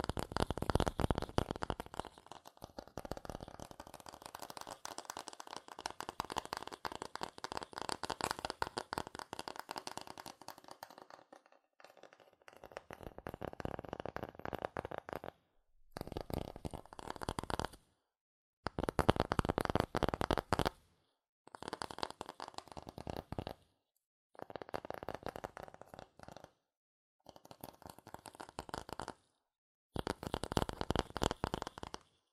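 Fast tapping, scratching and tracing on cardboard and paper, dense and crackly with bright, scratchy detail. The first eleven seconds run almost continuously; after that the sound comes in short bursts of two or three seconds separated by brief silences.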